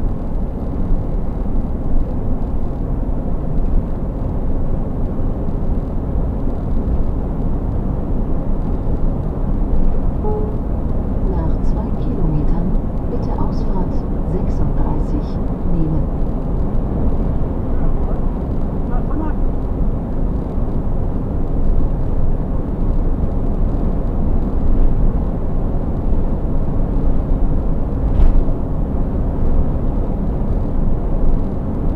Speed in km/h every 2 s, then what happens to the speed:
94, 96, 98, 98, 98, 98, 98, 98, 98, 98, 98, 98, 98, 98, 98, 98.
0-32 steady at about 98.